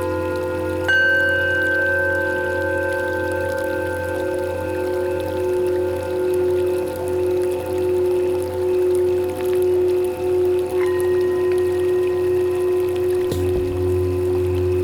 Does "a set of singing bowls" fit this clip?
yes